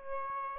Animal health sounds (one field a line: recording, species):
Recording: mosquito wingbeat signal from an infrared sensor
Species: Aedes albopictus